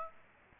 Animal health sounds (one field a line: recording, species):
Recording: mosquito wingbeat signal from an infrared sensor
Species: Aedes aegypti